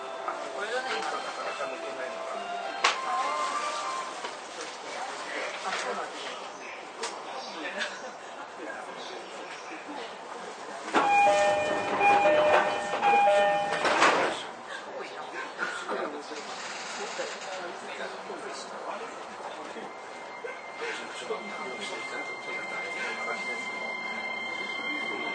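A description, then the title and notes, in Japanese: A JR East 231 series train runs between Ito and Yokohama, with a steady rumble and hiss throughout. Around 11 to 14 seconds a louder stretch brings a pulsing electronic tone. Later, a thin high whine holds steady, with scattered voices and clicks underneath. JRE231系 伊東〜横浜。区間は伊東線→東海道線です。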